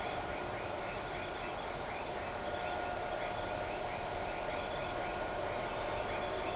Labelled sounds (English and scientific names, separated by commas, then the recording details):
none
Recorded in shrubland near Pivijay, Magdalena, Colombia, on 13 April 2023 at 20:30
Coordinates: 10.453, -74.365
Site P5-G022